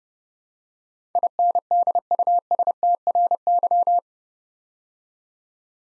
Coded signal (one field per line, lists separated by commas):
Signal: Morse code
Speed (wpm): 30 wpm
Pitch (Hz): 700 Hz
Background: none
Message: INDUSTRY